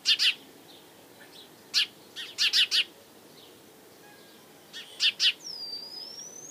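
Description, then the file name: House sparrow chirping: short harsh double chirps in scattered bursts, a run of three near two and a half seconds, then a thin rising whistle at the end. "Passer domesticus"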